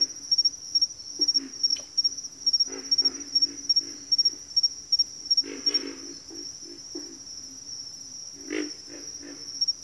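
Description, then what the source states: Pig frogs grunting in irregular series of low throaty notes over a constant high insect chorus. Several pig frogs calling in a bayou.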